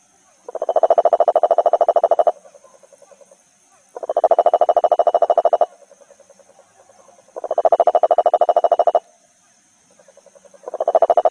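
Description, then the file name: Cururu toad repeating steady bursts of fast, throbbing pulsed croaks roughly every three and a half seconds, with weak pulses trailing between the bursts. "Rhinella schneideri"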